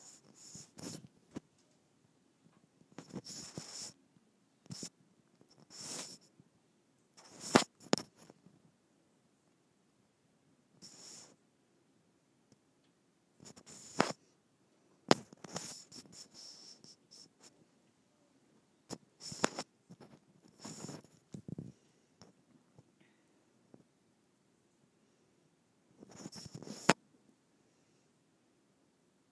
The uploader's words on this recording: ASMR Rubbing Microphone on my Skin.